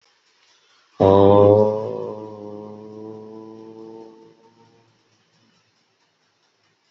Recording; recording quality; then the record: sustained vowel as in boot; moderate, slight background noise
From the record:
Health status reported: COVID-19 positive, mild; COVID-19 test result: positive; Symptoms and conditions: cough, cold, fever, hypertension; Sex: male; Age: 42 years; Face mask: not worn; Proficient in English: yes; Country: India